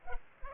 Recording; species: mosquito wingbeat signal from an infrared sensor; Culex pipiens